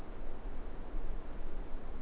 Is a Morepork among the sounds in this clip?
no